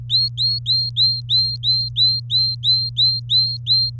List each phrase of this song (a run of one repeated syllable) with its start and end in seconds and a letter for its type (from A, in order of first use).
0.09-3.90 A